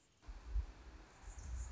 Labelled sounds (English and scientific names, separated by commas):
Anna's Hummingbird (Calypte anna)